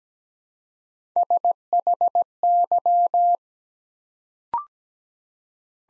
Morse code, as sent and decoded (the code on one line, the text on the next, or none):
... .... -.--
SHY